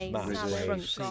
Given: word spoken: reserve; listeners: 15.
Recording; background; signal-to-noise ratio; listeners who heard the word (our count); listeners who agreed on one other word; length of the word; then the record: one English word in noise, from a listening test; four-talker babble; -2.9 dB; 0 of 15; 7 of 15; 0.71 s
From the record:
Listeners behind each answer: 7, 3, 1, 1, 1, 1, 1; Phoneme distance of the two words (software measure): 44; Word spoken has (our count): 2 syllables, 5 phonemes, stress on syllable 2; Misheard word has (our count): 1 syllable, 3 phonemes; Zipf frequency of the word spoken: 4.63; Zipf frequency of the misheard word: 4.53